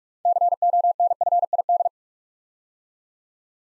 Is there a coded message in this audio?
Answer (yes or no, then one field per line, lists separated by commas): yes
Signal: Morse code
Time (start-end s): 0.3-1.9 s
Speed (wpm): 44 wpm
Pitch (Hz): 700 Hz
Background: none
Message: CONFID